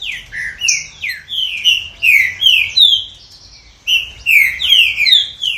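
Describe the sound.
Green-winged saltator song: a long phrase of bright, downslurred whistles, a short gap, then another phrase.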